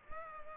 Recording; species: mosquito wingbeat signal from an infrared sensor; Culex pipiens